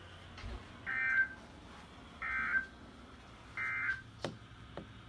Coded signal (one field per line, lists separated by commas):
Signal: Emergency Alert System (SAME) tones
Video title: The more the merrier EAS# 85-89 6/7/20 (Read Desc)